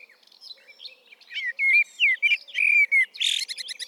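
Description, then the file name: Common blackbird song phrase of mellow, slurred whistles ending in a harsh squeaky burst, with a faint low hoot underneath. "Turdus merula"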